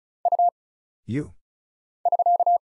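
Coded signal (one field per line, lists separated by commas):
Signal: Morse code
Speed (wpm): 36 wpm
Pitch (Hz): 700 Hz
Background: none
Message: U <SK>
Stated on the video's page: Morse practice at 35 wpm, random single letters, numbers, punctuation and prosigns with very short gaps, for instant character recognition.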